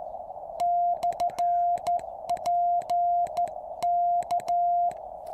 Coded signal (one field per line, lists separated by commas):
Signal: Morse code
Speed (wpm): 14 wpm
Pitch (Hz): 700 Hz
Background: music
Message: /P K